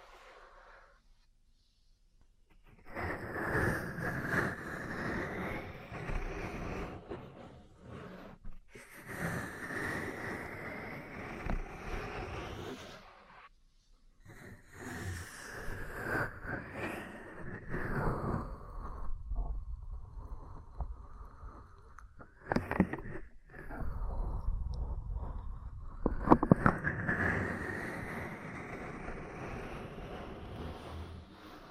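Ear massage and cupping: muffled, rushing rubs come in long strokes of several seconds, each rising slightly in pitch, with short silent gaps between them. A duller, padded stretch follows near twenty seconds, and a few sharp taps land around 23 and 26 seconds.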